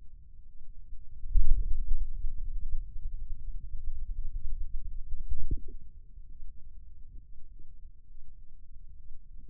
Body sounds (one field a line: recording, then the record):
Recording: forearm muscle sounds (acoustic myography)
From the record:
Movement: ulnar deviation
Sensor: system 2, bracelet of six BSWA MPA416 microphones around the upper forearm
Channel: 5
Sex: male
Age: 22 years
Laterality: right